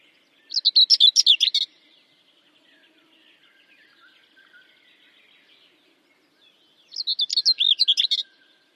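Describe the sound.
Bird song phrases of fast, high, varied chirps, two bursts about six seconds apart, with faint quiet twittering during the gap.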